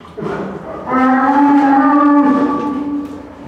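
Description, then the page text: Brown bear roaring: a short rough grunt, then a long, steady, moaning roar held for about two seconds before tapering away. Captive, in a zoo in Madrid, Spain, roaring. "Zoo de Madrid: oso pardo rugiendo"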